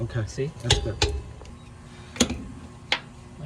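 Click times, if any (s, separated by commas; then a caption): 2.9 s. A torque wrench set to 59 ft-lb tightens a rear strut bolt on a 2014 Corolla while someone talks, with sharp metallic clicks near 0.7, 1.0 and 2.2 seconds. The wrench clicks at its setting at 2.9 seconds, and the torque is confirmed.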